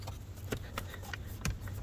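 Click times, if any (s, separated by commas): 1.4 s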